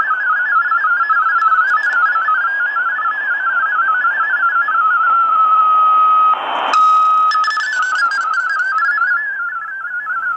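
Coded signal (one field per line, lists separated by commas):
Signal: multi-tone FSK (Olivia or MFSK type)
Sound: warbling single tone hopping quickly in pitch, a steady pause, a short hiss burst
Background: radio static, faint carriers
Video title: 5850 kHz WRMI Broadcasting Digital Modes - Sony ICF-SW7600GR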